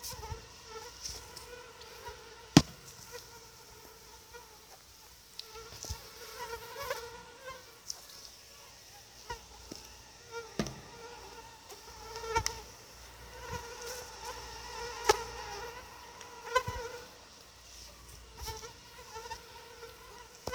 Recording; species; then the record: mosquito flight sound by mobile phone; Anopheles quadriannulatus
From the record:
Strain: SANQUA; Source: CDC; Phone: Sony Xperia